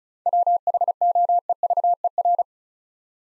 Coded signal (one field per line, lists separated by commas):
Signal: Morse code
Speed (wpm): 36 wpm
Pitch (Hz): 700 Hz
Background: none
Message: WHOEVER